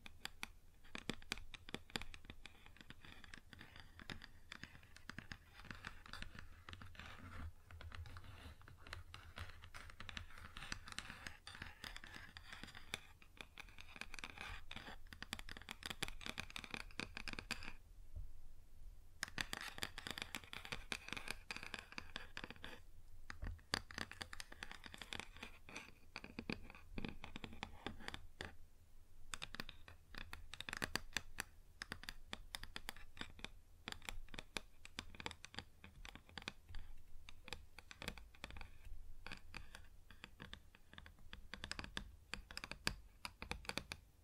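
Fingers tap and scratch across a wooden surface in dense, uneven bursts of short clicks and rasping scrapes that continue through the whole 44 seconds. The activity barely lets up, with brief pauses near 18 and 29 seconds, over a faint low hum.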